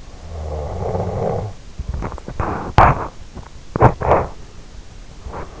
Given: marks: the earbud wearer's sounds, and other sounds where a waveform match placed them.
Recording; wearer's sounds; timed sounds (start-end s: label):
sounds in sleep by an in-ear microphone; breath, snoring breath
0.18-2.18 s: breath
3.16-4.26 s: breath
3.37-5.60 s: snoring breath